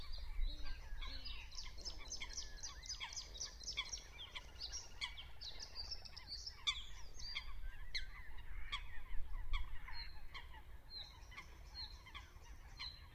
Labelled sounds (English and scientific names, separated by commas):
Bluethroat (Luscinia svecica) song